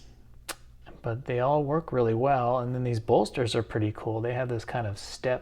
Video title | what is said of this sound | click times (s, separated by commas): Congress Pattern Pocketknife From an Unknown Origin | you really have to push on it to get it to kind of click back and forth. But | 0.5 s